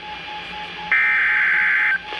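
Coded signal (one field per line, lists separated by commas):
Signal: Emergency Alert System (SAME) tones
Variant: header bursts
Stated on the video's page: NOAA Weather Radio station WXJ87, Madison, Wisconsin, broadcasting a severe thunderstorm warning.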